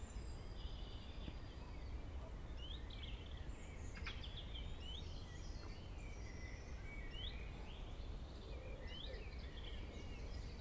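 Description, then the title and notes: European robin song: thin, high, wavering phrases of twittering and sliding notes over a steady low rumble. Singing in early evening at the top of the valley, Vallée des Traouïero, Trégastel, France, April 2019; MKH 8040 ORTF pair, Sound Devices MixPre-D, Zoom H5 recorder. "Vallée des Traouiero, Trégastel, France - Robin Redbreast on the top of the valley [Valley Traouïero]. yponomeutaneko"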